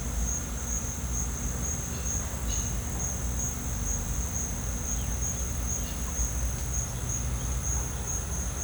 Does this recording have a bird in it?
yes